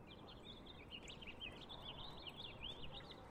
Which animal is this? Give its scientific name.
Haemorhous mexicanus